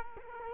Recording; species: mosquito wingbeat signal from an infrared sensor; Culex quinquefasciatus